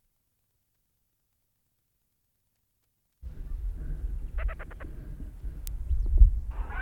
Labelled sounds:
Ruff (Philomachus pugnax) call
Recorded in the wild
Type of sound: call
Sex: female
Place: Insel Liebes, Insel Rügen, Mecklenburg-Vorpommern, DE
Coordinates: 54.461, 13.201
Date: 1969-07-06
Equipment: Nagra III BH, Sennheiser MD 21, parabola
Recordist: Schubert, Michael
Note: Kampfläufer, über den Jungen rufendes Weibchen für LP verwendet

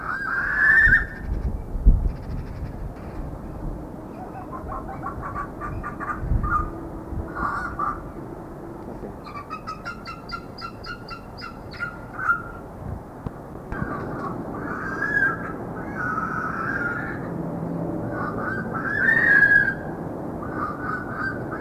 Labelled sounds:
Greater Spotted Eagle (Aquila clanga) call
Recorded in captivity
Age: adult
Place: Tierpark Berlin, Berlin, DE
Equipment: Halbspur, 9,5 cm/s
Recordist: Lütgens, Hans

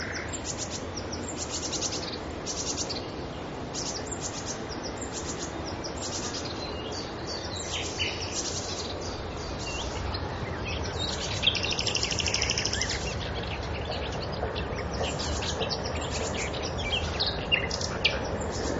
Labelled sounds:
Common Nightingale (Luscinia megarhynchos) song
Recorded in the wild
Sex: male
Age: adult
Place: Karower Teiche, Naturpark Barnim, Berlin, DE
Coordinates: 52.6222, 13.46
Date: 1993-05-12
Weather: sunny, 25°C
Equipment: Aiwa HD-S1, Sennheiser MKH 70
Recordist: Frommolt, Karl-Heinz

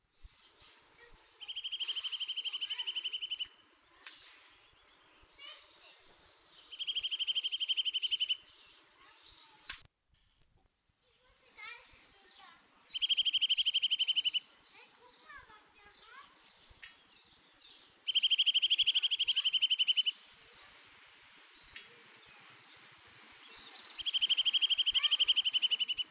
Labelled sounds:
Eurasian Nuthatch (Sitta europaea) song
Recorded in the wild
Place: Oberstdorf, Bayern, DE
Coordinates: 47.41, 10.2797
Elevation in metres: 803
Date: 1977-03-25
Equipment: Nagra IV, Sennheiser MKH 405, Parabolreflektor
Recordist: Tretzel, Erwin

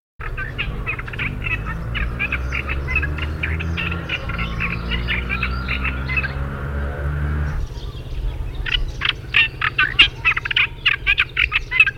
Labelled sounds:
Olive-tree Warbler (Hippolais olivetorum) song
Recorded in the wild
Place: Primorsko, Burgas, BG
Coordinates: 42.268, 27.753
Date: 1974-06-01
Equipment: Nagra III BH, Sennheiser MD 21, parabola
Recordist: Schubert, Michael

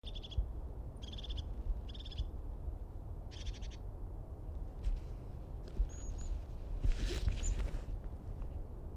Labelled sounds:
European Crested Tit (Lophophanes cristatus) call
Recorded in the wild
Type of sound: call
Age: adult
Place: Schönow, Naturpark Barnim, Brandenburg, DE
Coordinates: 52.6925, 13.5136
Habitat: wood
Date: 2006-11-25 11:16
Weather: overcast, ca. 10°C, weak to moderate winds
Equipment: Sound Devices 702, Sennheiser MKH 70, Popschutz
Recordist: Frommolt, Karl-Heinz
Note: Kleinerer Kiefernbestand im Naturschutzgebiet Schönower Heide: Rufe von zwei Tieren. Tiere gesehen. Entfernung 10 m

